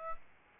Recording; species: mosquito wingbeat signal from an infrared sensor; Aedes albopictus